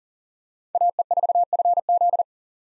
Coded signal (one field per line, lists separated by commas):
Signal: Morse code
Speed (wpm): 40 wpm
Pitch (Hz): 700 Hz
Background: none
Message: AE4FZ